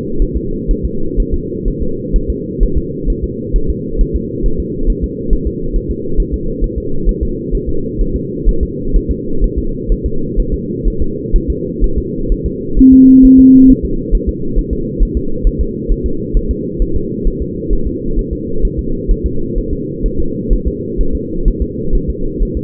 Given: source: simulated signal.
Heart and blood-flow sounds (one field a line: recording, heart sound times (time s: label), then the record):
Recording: fetal heart sounds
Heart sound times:
0.22 s: S1
0.36 s: S2
0.71 s: S1
0.85 s: S2
1.20 s: S1
1.34 s: S2
1.68 s: S1
1.82 s: S2
2.16 s: S1
2.30 s: S2
2.63 s: S1
2.78 s: S2
3.10 s: S1
3.24 s: S2
3.56 s: S1
3.70 s: S2
4.01 s: S1
4.16 s: S2
4.46 s: S1
4.60 s: S2
4.90 s: S1
5.04 s: S2
5.33 s: S1
5.47 s: S2
5.76 s: S1
5.91 s: S2
6.20 s: S1
6.34 s: S2
6.64 s: S1
6.78 s: S2
7.09 s: S1
7.23 s: S2
7.55 s: S1
7.69 s: S2
8.01 s: S1
8.16 s: S2
8.49 s: S1
8.63 s: S2
8.96 s: S1
9.11 s: S2
9.44 s: S1
9.58 s: S2
9.92 s: S1
10.06 s: S2
10.40 s: S1
10.54 s: S2
10.88 s: S1
11.02 s: S2
11.36 s: S1
11.50 s: S2
11.84 s: S1
11.98 s: S2
12.32 s: S1
12.46 s: S2
12.79 s: S1
12.93 s: S2
13.25 s: S1
13.39 s: S2
13.70 s: S1
13.85 s: S2
14.15 s: S1
14.29 s: S2
14.58 s: S1
14.73 s: S2
15.02 s: S1
15.17 s: S2
15.47 s: S1
15.61 s: S2
15.92 s: S1
16.06 s: S2
16.37 s: S1
16.51 s: S2
16.82 s: S1
16.96 s: S2
17.27 s: S1
17.42 s: S2
17.73 s: S1
17.87 s: S2
18.19 s: S1
18.33 s: S2
18.65 s: S1
18.79 s: S2
19.11 s: S1
19.26 s: S2
19.58 s: S1
19.73 s: S2
20.06 s: S1
20.20 s: S2
20.53 s: S1
20.67 s: S2
21.01 s: S1
21.15 s: S2
21.48 s: S1
21.62 s: S2
21.95 s: S1
22.10 s: S2
22.42 s: S1
22.57 s: S2
From the record:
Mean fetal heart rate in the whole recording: 130 bpm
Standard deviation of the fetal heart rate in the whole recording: 4 bpm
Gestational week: 38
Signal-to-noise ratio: -8.1 dB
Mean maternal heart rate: 72 bpm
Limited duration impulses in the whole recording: present